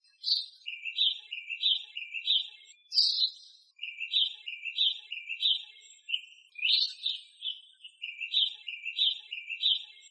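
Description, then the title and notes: Bird song of quick, buzzy chirps repeated in rapid runs, broken by a higher, sharper falling note, then more chirp series in an uneven rhythm. Indonesia. "Kumpulan Kicau Burung Indonesia"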